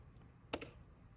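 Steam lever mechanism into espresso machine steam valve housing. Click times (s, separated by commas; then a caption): 0.5 s. The steam knob and lever mechanism, a replacement crema lever, is pressed back into the steam valve housing of a Breville espresso machine. A sharp click sounds at 0.5 s, followed by a softer one at 0.6 s, over faint background noise. The lever mechanism is seated in place.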